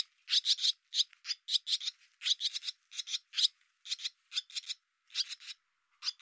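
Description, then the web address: Barn swallow, buzzy calls mostly in tight pairs and triplets, repeated steadily with short gaps between groups. "Deverinetal Bird Hi Ru"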